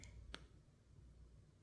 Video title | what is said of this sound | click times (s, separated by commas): How to Make a Crimped Leather Cord Earring | pop it on the back of this earring it will click into place so | 0.3 s